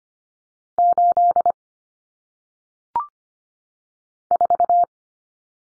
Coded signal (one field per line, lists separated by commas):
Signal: Morse code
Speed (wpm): 25 wpm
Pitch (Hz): 700 Hz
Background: none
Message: 8 4